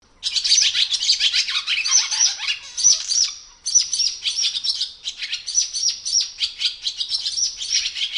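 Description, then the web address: Swallow twitter, a near-continuous stream of rapid, high-pitched chirps and buzzy trills with a brief break midway before the chatter resumes. "animal call swallow call"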